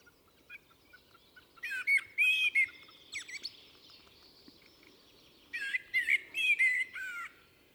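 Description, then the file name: Common blackbird delivering two whistled, slurred phrases with brief high twitters, a few seconds apart, against soft background birdsong. "Turdus merula"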